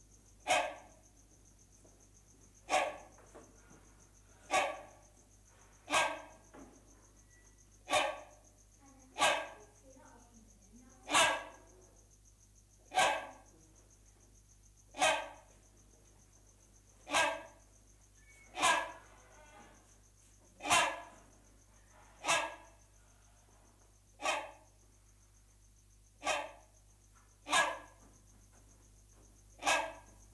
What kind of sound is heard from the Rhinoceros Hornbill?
call